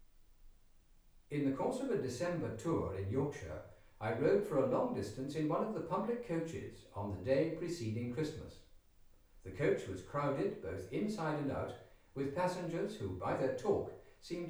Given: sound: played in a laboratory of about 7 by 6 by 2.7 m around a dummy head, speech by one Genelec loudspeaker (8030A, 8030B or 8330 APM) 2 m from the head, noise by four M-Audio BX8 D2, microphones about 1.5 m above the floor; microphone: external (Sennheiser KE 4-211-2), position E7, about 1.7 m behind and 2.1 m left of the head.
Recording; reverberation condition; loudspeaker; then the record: male speech in English; medium; 30 degrees to the left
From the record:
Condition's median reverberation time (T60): about 510 ms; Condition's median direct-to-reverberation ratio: about -0.5 dB